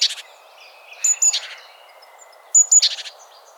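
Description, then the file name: Great tit giving two bursts of a high thin note leading into grating buzzy notes, with a faint level whistle between them and background hiss. "Parus major"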